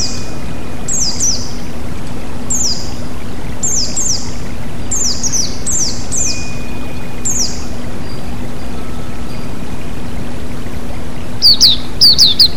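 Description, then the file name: White-eye giving high, thin downslurred chirps, often in pairs, then a quick high flurry at the end, over constant flowing water. With flowing water, for bird therapy. "terapi air mengalir burung pleci"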